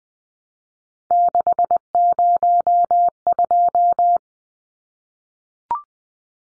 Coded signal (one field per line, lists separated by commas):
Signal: Morse code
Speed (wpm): 20 wpm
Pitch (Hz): 700 Hz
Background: none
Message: 602